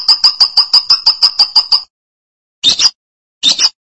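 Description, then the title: Lovebird calls: about ten quick, evenly spaced shrill chips in under two seconds, followed after a pause by two harsh squeaky bursts. "BM Suara Burung Lovebird"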